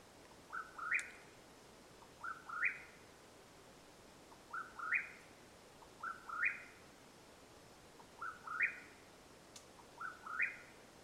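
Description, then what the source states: Mexican whip-poor-will uttering six rolling whistled phrases, each stepping up to a higher end note, spaced about two seconds apart. Calling at nightfall in Madera Canyon, Arizona, USA, on 21 April 2022.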